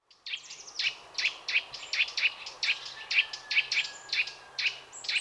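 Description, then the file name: Eurasian nuthatch calls: sharp, clipped chirps repeated about twice a second in an uneven series, with a faint low hum beneath. "Sitta europaea"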